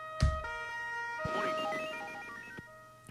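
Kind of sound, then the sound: vehicle, police car siren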